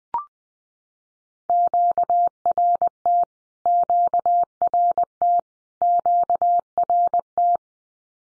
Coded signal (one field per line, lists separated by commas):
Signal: Morse code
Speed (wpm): 20 wpm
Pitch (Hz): 700 Hz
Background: none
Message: QRT QRT QRT